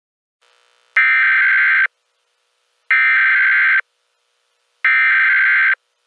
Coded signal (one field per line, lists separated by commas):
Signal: Emergency Alert System (SAME) tones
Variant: header bursts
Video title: EAS - The Alphabet (TEASER)